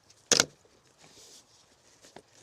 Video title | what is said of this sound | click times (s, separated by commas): Construction day 19: Installing cameras and hopefully some French drain pipes! | Yeah, it's definitely one inside enough. You can hear it click. | 0.3 s